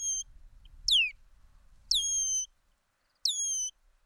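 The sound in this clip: Bird calls: a few whistles, one sliding downward and the others mostly held level. A low rumble fills the first half.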